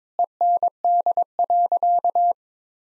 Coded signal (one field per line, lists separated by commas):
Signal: Morse code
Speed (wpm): 22 wpm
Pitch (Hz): 700 Hz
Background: none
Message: END.